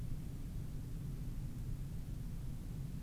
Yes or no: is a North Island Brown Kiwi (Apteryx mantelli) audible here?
no